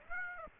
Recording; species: mosquito wingbeat signal from an infrared sensor; Aedes aegypti